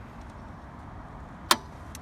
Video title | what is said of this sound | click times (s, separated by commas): Test Drive and Charging Up the 2018 Nissan LEAF | I'm all good. I hear the click to unlock the holster. | 1.5 s